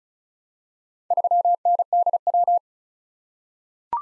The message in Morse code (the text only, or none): 3NDW